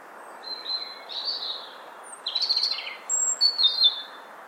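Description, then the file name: European robin song: thin, high warbled phrases, clear sweeping notes followed by a rapid trilled jumble and sharp high whistles, over steady soft background hiss. "Erithacus rubecula"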